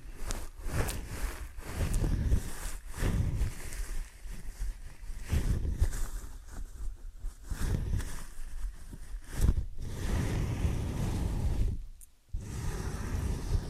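Ear and scalp massage gives steady, dense rubbing and brushing with rustly bursts, thumps throughout, and a brief quiet drop near twelve seconds.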